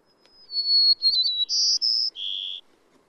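Bird giving a thin, pure whistled phrase of held notes that start level, flutter briefly, jump higher and then drop lower, lasting about two seconds in near silence.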